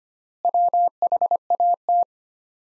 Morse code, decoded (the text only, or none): WHAT